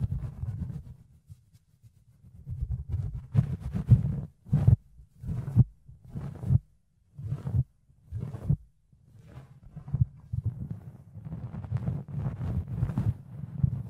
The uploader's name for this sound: Fluffy Ear Cleaning, Ear Picking